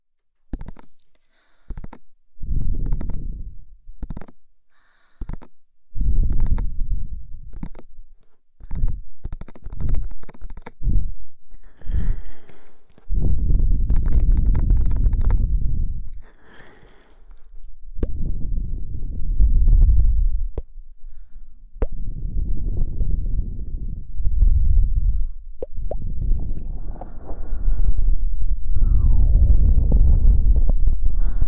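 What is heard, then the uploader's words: Inner ear blowing: low, muffled rushing bursts, short and separated in the first half, then longer sustained gusts with brief pauses later. Inner ear blowing.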